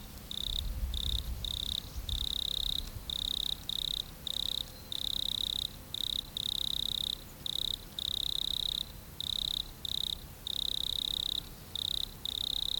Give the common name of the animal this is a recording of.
Wood Cricket